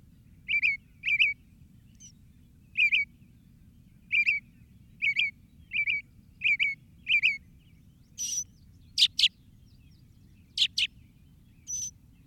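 Northern mockingbird song: paired chirped notes repeated at short intervals, followed by high scratchy bursts, over a steady low background noise.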